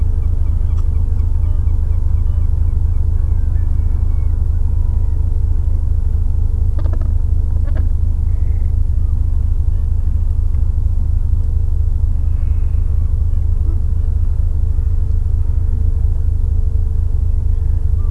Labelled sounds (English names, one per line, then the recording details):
Gentoo Penguin
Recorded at the colony at Pleneau Island, Antarctica, on 3 January 2015
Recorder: Song Meter SM2+